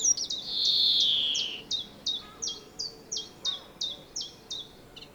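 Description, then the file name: European greenfinch: a couple of quick notes and a long nasal buzzy wheeze, followed by evenly repeated sharp high notes roughly three each second. "Chloris chloris"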